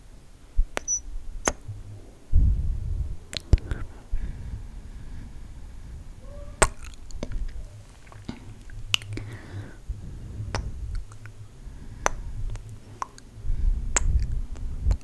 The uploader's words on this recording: ASMR MIC KISSES Slow Tingly sounds w lip gloss.